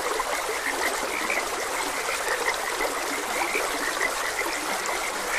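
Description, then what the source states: Frogs croaking in a steady chorus of short bright notes over the constant trickle of a stream. Frogs croaking beside a gentle stream.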